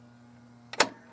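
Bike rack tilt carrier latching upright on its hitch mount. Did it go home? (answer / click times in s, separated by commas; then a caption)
yes / 0.7 s, 0.8 s. A Saris MHS UNO 1 hitch bike rack on a 2022 Ford Maverick, its carrier holding a bike, is lifted from the tilted-down position back up to upright over a low steady hum. Its metal tilt latch engages with a sharp click at 0.7 s and a louder click at 0.8 s. The carrier is seated and latched upright on its hitch mount.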